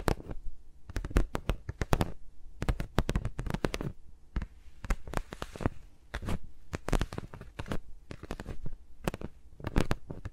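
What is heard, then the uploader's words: Fingers rub and tap against microphones with no talking, making quick, irregular bursts of crisp scratching and brushing. The sounds come in dense clusters with short quiet gaps, bright and scratchy on top over a soft low thump, and continue throughout. ASMR with Mics Around My Fingers (No Talking).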